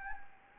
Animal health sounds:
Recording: mosquito wingbeat signal from an infrared sensor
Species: Anopheles gambiae

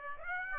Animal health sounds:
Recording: mosquito wingbeat signal from an infrared sensor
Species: Aedes aegypti

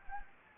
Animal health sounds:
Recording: mosquito wingbeat signal from an infrared sensor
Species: Anopheles gambiae

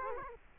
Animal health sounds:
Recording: mosquito wingbeat signal from an infrared sensor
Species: Culex quinquefasciatus

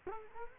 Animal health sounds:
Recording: mosquito wingbeat signal from an infrared sensor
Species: Culex quinquefasciatus

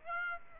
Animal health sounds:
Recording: mosquito wingbeat signal from an infrared sensor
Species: Aedes aegypti

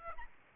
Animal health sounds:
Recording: mosquito wingbeat signal from an infrared sensor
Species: Aedes albopictus

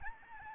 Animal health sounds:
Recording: mosquito wingbeat signal from an infrared sensor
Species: Aedes albopictus

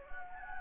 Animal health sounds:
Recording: mosquito wingbeat signal from an infrared sensor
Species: Anopheles gambiae

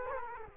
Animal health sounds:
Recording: mosquito wingbeat signal from an infrared sensor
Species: Culex quinquefasciatus

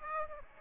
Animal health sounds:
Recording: mosquito wingbeat signal from an infrared sensor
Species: Aedes aegypti

